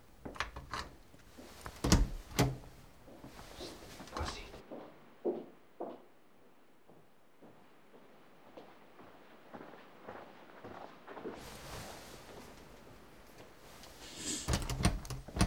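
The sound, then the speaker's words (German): Someone tries to force open a locked door with a tool, producing irregular clattering knocks, rattles and scrapes, and the door does not open. Sharp loud bursts come at the start and end, with quieter fiddling and scraping in between and no talking. “Damit willst du die Tür öffnen?”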